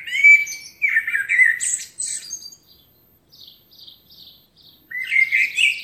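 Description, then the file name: Common blackbird singing: a mellow warbled phrase with a squeaky high flourish, a few faint high notes in between, then a new phrase begins near the end. "Turdus merula"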